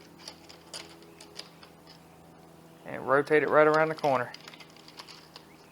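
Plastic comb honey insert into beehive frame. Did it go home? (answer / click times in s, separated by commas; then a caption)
no / none. A plastic comb honey insert is laid into a wooden beehive frame and rotated around the corner, ahead of being popped into place. Faint light ticks and taps of handling come through, including near 0.3 s and 1.4 s, while someone talks from about 2.9 to 4.3 s. Nothing has seated or clicked into place yet.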